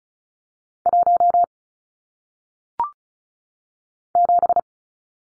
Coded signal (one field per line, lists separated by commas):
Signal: Morse code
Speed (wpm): 34 wpm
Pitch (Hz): 700 Hz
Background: none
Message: 1 7